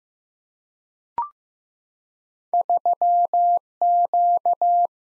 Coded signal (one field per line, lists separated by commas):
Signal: Morse code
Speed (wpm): 15 wpm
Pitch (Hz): 700 Hz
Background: none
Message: 3Q